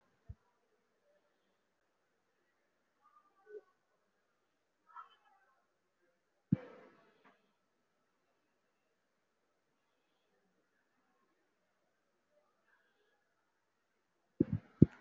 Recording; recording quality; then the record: deep breathing; poor, much background noise or distortion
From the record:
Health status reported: recovered from COVID-19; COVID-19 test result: positive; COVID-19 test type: RT-PCR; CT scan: taken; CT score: 5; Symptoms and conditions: cough, cold, breathing difficulty, chronic lung disease, pneumonia, ischaemic heart disease, another condition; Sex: male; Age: 57 years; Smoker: no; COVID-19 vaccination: both doses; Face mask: worn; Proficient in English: no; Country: India